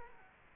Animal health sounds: mosquito wingbeat signal from an infrared sensor; Culex quinquefasciatus

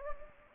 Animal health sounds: mosquito wingbeat signal from an infrared sensor; Anopheles gambiae

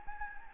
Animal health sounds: mosquito wingbeat signal from an infrared sensor; Anopheles gambiae

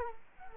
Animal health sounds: mosquito wingbeat signal from an infrared sensor; Culex quinquefasciatus

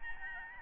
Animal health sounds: mosquito wingbeat signal from an infrared sensor; Aedes albopictus

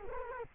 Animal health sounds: mosquito wingbeat signal from an infrared sensor; Culex quinquefasciatus

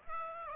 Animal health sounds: mosquito wingbeat signal from an infrared sensor; Aedes aegypti

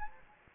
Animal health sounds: mosquito wingbeat signal from an infrared sensor; Anopheles arabiensis

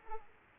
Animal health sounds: mosquito wingbeat signal from an infrared sensor; Aedes aegypti

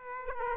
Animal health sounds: mosquito wingbeat signal from an infrared sensor; Aedes aegypti

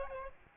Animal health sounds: mosquito wingbeat signal from an infrared sensor; Aedes albopictus

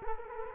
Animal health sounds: mosquito wingbeat signal from an infrared sensor; Culex quinquefasciatus

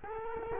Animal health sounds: mosquito wingbeat signal from an infrared sensor; Culex quinquefasciatus

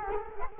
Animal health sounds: mosquito wingbeat signal from an infrared sensor; Culex quinquefasciatus

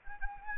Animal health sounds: mosquito wingbeat signal from an infrared sensor; Anopheles arabiensis

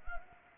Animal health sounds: mosquito wingbeat signal from an infrared sensor; Anopheles gambiae

